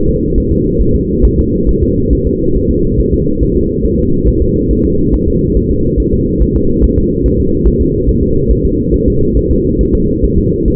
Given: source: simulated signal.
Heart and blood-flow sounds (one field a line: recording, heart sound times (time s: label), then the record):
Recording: fetal heart sounds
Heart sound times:
0.09 s: S2
0.38 s: S1
0.52 s: S2
0.81 s: S1
0.96 s: S2
1.25 s: S1
1.39 s: S2
1.69 s: S1
1.83 s: S2
2.13 s: S1
2.27 s: S2
2.56 s: S1
2.71 s: S2
3.00 s: S1
3.14 s: S2
3.43 s: S1
3.57 s: S2
3.85 s: S1
4.00 s: S2
4.28 s: S1
4.42 s: S2
4.71 s: S1
4.85 s: S2
5.14 s: S1
5.28 s: S2
5.57 s: S1
5.71 s: S2
6.00 s: S1
6.14 s: S2
6.42 s: S1
6.56 s: S2
6.84 s: S1
6.98 s: S2
7.26 s: S1
7.40 s: S2
7.68 s: S1
7.82 s: S2
8.09 s: S1
8.23 s: S2
8.51 s: S1
8.65 s: S2
8.94 s: S1
9.08 s: S2
9.37 s: S1
9.51 s: S2
9.81 s: S1
9.95 s: S2
10.25 s: S1
10.38 s: S2
10.68 s: S1
From the record:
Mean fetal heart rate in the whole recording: 140 bpm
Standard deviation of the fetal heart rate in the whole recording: 2 bpm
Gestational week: 34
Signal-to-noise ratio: -15.3 dB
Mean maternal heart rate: 72 bpm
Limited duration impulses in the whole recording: present